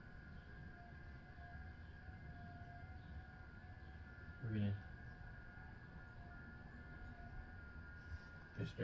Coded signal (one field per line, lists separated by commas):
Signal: FT8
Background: speech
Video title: HAM RADIO PORTABLE STATION SET UP BACKYARD